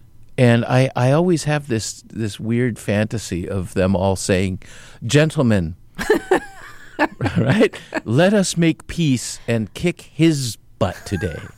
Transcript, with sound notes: And I always have this weird fantasy of them all saying, gentlemen... (Laughter) ...Right? - let us make peace and kick his butt today...